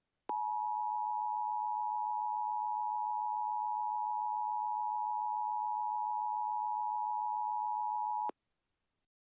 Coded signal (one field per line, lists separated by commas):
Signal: Emergency Alert System (SAME) tones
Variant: 853 and 960 Hz attention tone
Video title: EAS Mock Scenario: Easter Bunny Rampage